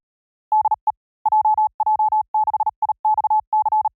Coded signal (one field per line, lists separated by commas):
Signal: Morse code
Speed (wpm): 37 wpm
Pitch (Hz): 860 Hz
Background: none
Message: DE JJ6IXC